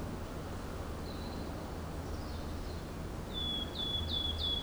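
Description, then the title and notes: Wood warbler song, a few thin high notes, then a series of repeated sharp notes, over steady low road rumble. Wood warbler singing solo on leaving Banges cave, Alléves, France; Bauges road noise. "Alléves, France - Pouillot siffleur. Le paysage sonore en sortant de la grotte de Banges , un pouillot siffleur en solo, grand corbeau, un peu de vent dans les feuillages et les bruits de la route des Bauges"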